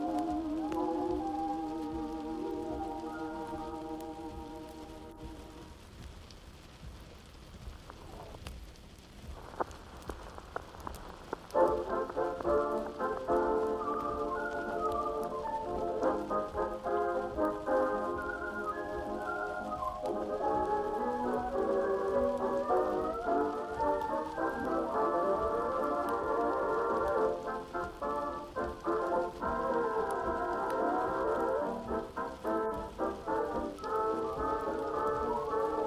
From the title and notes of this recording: (music from '20s, '30s, '40s) and it is sounding like it is coming from another room. Vintage Oldies playing in another room (falling snow &fire sounds ).